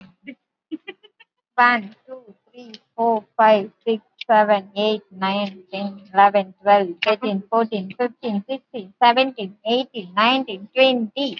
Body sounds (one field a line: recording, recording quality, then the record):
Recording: counting at a normal pace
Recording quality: excellent, no background noise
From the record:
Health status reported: exposed to COVID-19, no respiratory illness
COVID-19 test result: negative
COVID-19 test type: RT-PCR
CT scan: not taken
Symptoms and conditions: none ticked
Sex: female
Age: 23 years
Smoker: no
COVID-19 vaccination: one dose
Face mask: worn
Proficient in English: yes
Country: India